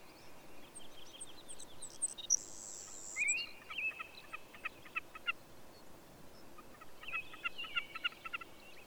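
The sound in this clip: Bird song: brief high whistles and buzzy notes, then two bursts of rapid clicking chirps, among quieter calls over a constant hiss.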